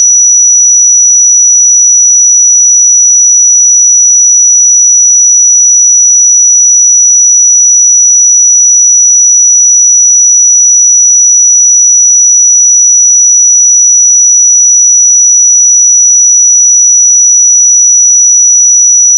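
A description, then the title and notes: A pure sine tone at 5881 Hz holds completely steady for the full length, high and thin with no wavering in pitch or loudness. Nothing else is heard; there is no background noise, and the tone runs unbroken to the end. 5881 Hz 1 Hz Interval Sine Pure Tone Frequency 441000 Sample Mono.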